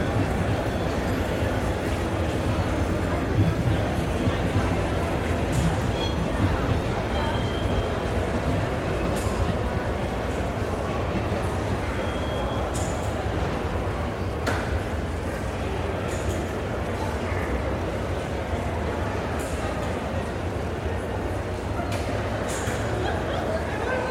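A busy train station hums with a steady, dense wash of crowd murmur and low rumbling from trains, holding an even level throughout. Brief clicks and clatters cut through every few seconds, with short higher tones near 7 and 12 seconds.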